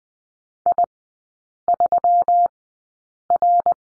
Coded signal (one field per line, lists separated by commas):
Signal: Morse code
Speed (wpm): 20 wpm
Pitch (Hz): 700 Hz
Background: none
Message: I3R